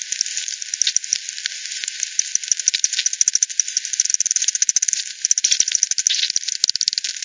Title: bat 20201007 T 18 : 10 Z-Hogsmill-Lane-Hogsmill-River-multiple-bats